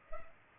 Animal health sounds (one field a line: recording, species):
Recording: mosquito wingbeat signal from an infrared sensor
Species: Culex pipiens